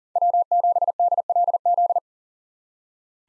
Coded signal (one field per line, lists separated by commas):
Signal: Morse code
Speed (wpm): 40 wpm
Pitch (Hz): 700 Hz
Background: none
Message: W7DLZ